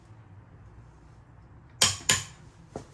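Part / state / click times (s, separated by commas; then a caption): click-type torque wrench on a car wheel lug nut / torque reached / 1.8 s, 2.1 s. A Matco Tools click-type torque wrench set to 120 tightens a lug nut on a car wheel, with sharp metallic clicks at 1.8 s and 2.1 s over a quiet background, followed by a fainter tap near 2.8 s. The wrench clicks at its setting, confirming the lug nut is torqued to 120.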